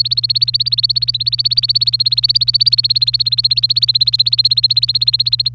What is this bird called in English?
Domestic Canary